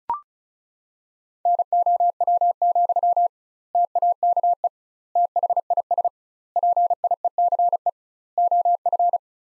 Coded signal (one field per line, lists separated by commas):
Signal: Morse code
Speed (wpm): 36 wpm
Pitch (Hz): 700 Hz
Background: none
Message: NOW, TAKE THIS PIECE OF